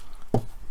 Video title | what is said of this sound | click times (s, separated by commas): Build the Shelby Cobra 427 SC pack 7 from Agora | here and here for them two legs one of which is just popped into place | 0.3 s